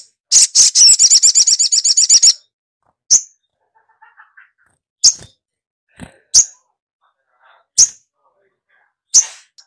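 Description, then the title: Little spiderhunter song: a rapid, high, even trill of bouncing notes lasting about two seconds, then sharp single chips spaced roughly every one to two seconds. Masteran: training recording for songbirds, titled 'Labaik'. "Masteran Burung Sogok Ontong Labaik"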